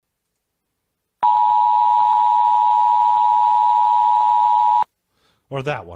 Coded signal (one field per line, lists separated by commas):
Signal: Emergency Alert System (SAME) tones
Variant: 853 and 960 Hz attention tone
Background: speech